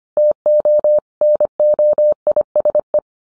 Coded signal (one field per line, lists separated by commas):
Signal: Morse code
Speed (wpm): 25 wpm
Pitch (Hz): 600 Hz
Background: none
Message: TO NOISE